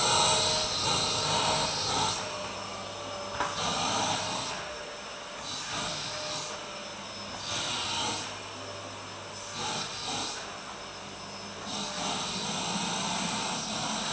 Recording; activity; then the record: daily activity, microphone in the room; vacuum cleaning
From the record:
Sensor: 2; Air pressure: 1009.5 hPa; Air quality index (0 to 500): 187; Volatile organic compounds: 12 ppm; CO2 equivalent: 2325 ppm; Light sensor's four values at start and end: 15/35/16/18 and 24/59/25/28